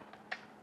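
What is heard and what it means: A mini tripod is screwed into the base of a Zhiyun Weebill-S gimbal handle and locked into one of its holes. A faint tick at 0.1 s is followed by a sharp, bright click at 0.3 s as the tripod seats in place.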